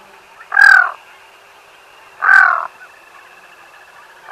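Black-throated loon calling with hoarse, crow-like croaks, two clear notes about two seconds apart and the start of a third at the end.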